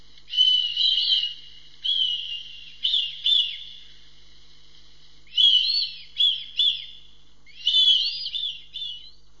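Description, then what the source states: Red kite giving high, wavering, bending whistles in several bursts, some drawn out and some short. Contact call.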